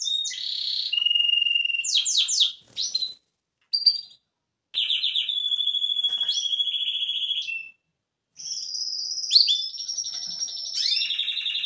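Canary song in varied phrases: sweeping notes, steady whistled trills and high buzzy runs, separated by short silences.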